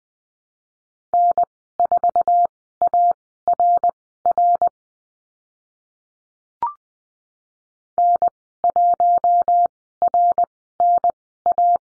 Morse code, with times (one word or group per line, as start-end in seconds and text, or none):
1.1-4.7 N4ARR
8.0-11.8 N1RNA